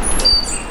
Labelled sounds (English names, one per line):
Stitchbird song